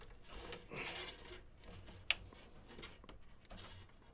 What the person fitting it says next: It's hard to see, but it just snaps into place.